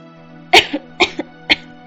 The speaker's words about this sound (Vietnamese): Đột nhiên trong phòng vang lên tiếng ho khan đứt quãng.